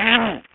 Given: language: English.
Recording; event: throat vibration sensor signal played as sound; throat clearing